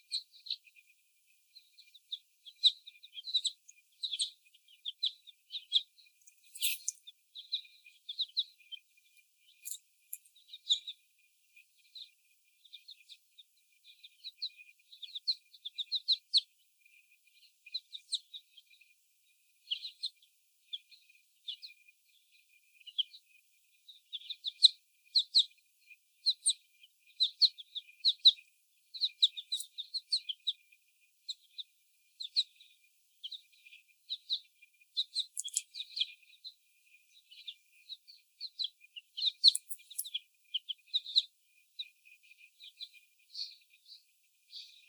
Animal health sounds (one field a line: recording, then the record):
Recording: young laying hens in a cage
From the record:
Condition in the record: before the stressor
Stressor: sudden umbrella opening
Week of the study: 1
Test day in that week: 1